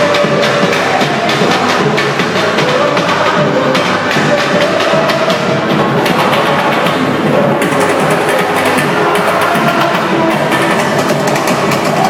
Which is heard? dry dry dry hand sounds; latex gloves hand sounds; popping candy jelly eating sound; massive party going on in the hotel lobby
massive party going on in the hotel lobby